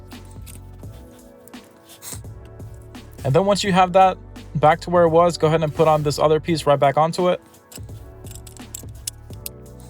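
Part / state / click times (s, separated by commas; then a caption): plastic battery cover onto car key fob housing / seated / 9.1 s, 9.5 s. A plastic back cover piece is pressed onto a brand new BMW key fob body after its coin battery is replaced, with music playing and someone talking. Faint handling ticks come first, then sharp plastic snaps at 9.1 s and 9.5 s as the cover clicks into place and seats.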